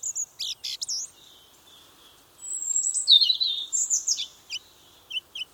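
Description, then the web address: Several birds chirping and warbling, quick sharp notes at the start, then a long high twittering phrase, ending with scattered short chips. Birdsong on a summer morning. "Tom Hutchings Birdsong Summer Morning"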